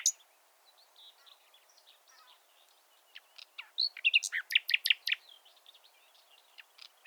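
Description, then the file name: Common nightingale song: soft scattered whistles, then a loud burst of sharp rapid notes in the middle, fading back to quiet phrases. "Luscinia megarhynchos"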